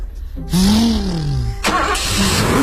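A car engine roars to life and revs upward as a learner driver presses the accelerator during a driving lesson, its pitch rising then sagging, followed by a second burst of revving as the car accelerates; loud and continuous with no talking.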